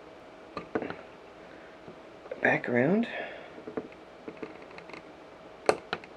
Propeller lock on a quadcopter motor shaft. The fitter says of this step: we go it just clicks in place now